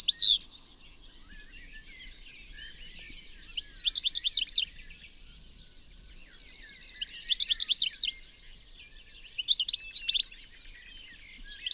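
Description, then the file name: European goldfinch with short bursts of rapid, sparkling twitters separated by pauses. "Carduelis carduelis"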